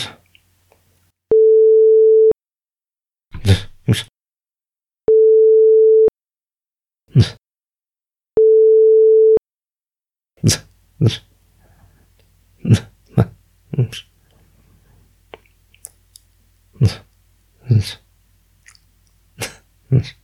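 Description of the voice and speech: About a dozen brief, irregular mouth noises from an adult man with Tourette's syndrome: little grunts, hums, lip smacks, tongue movements and other mouth noises, with silence between them. Three steady sine-wave tones split the run into sections. These are simple vocal tics: sudden, involuntary sounds without words.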